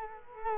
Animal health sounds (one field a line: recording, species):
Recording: mosquito wingbeat signal from an infrared sensor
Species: Culex quinquefasciatus